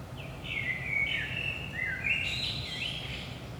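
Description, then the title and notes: Common blackbird song, a continuous run of mellow whistled notes rising into higher twittering, clear above a faint low hum. Recorded at 5 am in the early morning in Saint-Gilles, Belgium, with DPA 4060 microphones in AB position into a Zoom F3. "Saint-Gilles, Belgique - 5am Blackbird. Blackbird in the morning. Merle au petit matin"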